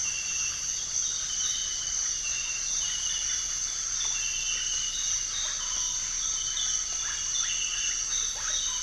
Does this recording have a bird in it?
no